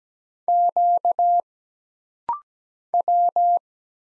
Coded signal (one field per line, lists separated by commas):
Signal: Morse code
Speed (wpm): 17 wpm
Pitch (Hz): 700 Hz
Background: none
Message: Q W